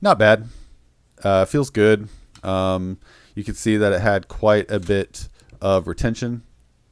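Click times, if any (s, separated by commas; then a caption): none. A man talks throughout while handling a TwoSun TS247 small fixed-blade knife and its taco-style plastic sheath, before the knife is pushed in to snap into the sheath's retention. Nothing has seated or clicked yet.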